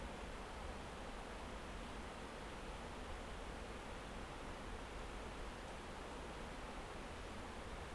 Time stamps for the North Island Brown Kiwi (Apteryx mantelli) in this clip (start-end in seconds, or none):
none